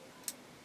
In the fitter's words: it in and rotate it until it clicks click